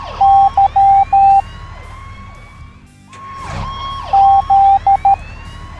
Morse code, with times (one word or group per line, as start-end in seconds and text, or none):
0.2-1.4 Y
4.1-5.1 Z